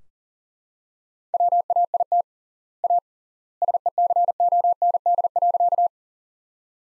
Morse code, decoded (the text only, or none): WAIT A SECOND.